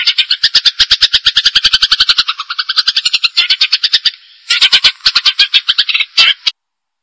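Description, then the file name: Cililin singing a fast series of harsh, buzzy notes, rapidly repeated, with brief pauses between bursts. "celilin jenggot gereja"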